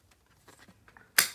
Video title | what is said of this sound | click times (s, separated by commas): Unboxing WOWGO Cordless Stick Vacuum Cleaner | Push it in. Man, nice solid click. | 1.2 s